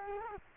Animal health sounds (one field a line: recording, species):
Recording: mosquito wingbeat signal from an infrared sensor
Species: Culex quinquefasciatus